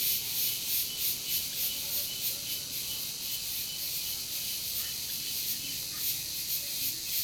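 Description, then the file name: Many cicadas produce a harsh high buzz that throbs in rapid pulses throughout. Many cicadas calling in the morning in a rural community. "Muitas cigarras de manha em comunidade rural vozes longes caminhao passando"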